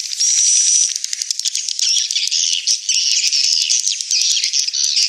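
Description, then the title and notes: Swiftlets giving a steady whistled tone at first, then a thick mass of rattling, clicking chirps and twitters. Swiftlet house lure sound, Tien Giang, Vietnam. "Am thanh nha yen Akau Vietnam - Tien giang. Những âm thanh chim yến thuộc thương hiệu AKAU"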